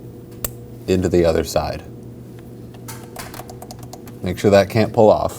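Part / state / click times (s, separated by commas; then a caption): quick disconnect hose locking clip into hose fitting on engine / seated / 0.4 s. The quick disconnect hose is being installed on the engine of a 2009-2014 Ford F-150 3.5L V6 during a rear variable valve timing solenoid replacement. After both sides lock, the bottom locking piece of the clip is pushed into the other side of the hose fitting and seats with a single sharp click at 0.4 s. Someone talks, and a run of faint light taps follows around 3.3–4.1 s.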